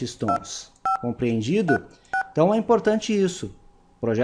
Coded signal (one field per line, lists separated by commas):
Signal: DTMF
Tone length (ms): 140 ms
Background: speech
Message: 2536